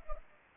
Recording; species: mosquito wingbeat signal from an infrared sensor; Anopheles arabiensis